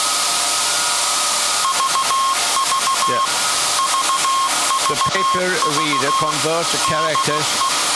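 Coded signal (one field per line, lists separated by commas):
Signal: Morse code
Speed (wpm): 15 wpm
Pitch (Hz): 1070 Hz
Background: speech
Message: VV VVV DE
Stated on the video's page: Alexanderson Alternator SAQ from 1924 at Grimeton, live startup and telegraphing of a message; no transmission over the antenna possible.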